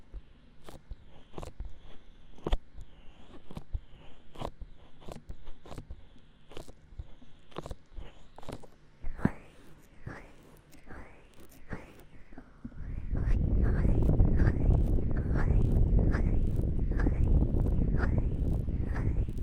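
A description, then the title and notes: Close, crackly rubbing and tapping right at the ear, with sharp clicks landing roughly every half second throughout. A quiet low murmur sits underneath at first, then around thirteen seconds a dense, louder rumbling rush joins in and continues to the end. 大腦深層按摩 | Ear Massage | NO Talking.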